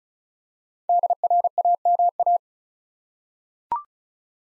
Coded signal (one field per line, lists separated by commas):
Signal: Morse code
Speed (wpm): 34 wpm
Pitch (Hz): 700 Hz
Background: none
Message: DRAMA